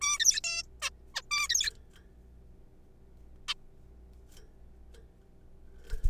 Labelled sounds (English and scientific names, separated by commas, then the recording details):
Zebra Finch (Taeniopygia guttata)
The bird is a juvenile
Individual R3428